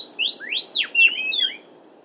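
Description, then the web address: Inca wren song: one short phrase of sweeping whistled notes, some rising, some dropping sharply, with low hiss behind. South America. "Natures Songs S America Inca Wren"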